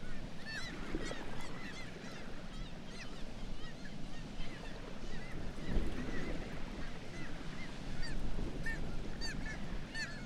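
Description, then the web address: Black-legged kittiwakes calling in chorus, with repeated nasal, rising-falling cries from several birds over a continuous low rumble. "sound Black-legged-kittiwake. صدای-پرنده-کاکایی-پاسیاه"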